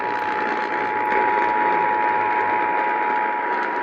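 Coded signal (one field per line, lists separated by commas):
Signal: Emergency Alert System (SAME) tones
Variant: 853 and 960 Hz attention tone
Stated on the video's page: Forwarded severe alert heard on AM broadcast stations WBAP and KLIF.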